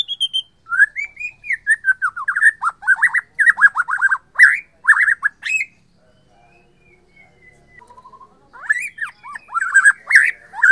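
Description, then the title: White-rumped shama song, a long fast run of varied whistles and clicks, a short lull with soft notes, then the song resumes. Borneo form. "MURAI BORNEO MAS KIKI"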